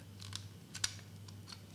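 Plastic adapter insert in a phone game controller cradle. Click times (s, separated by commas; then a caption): 0.8 s. A plastic adapter insert is pried off the side of a phone game controller cradle. A few light plastic clicks lead to a sharp snap at 0.8 s, and the second insert comes off, released.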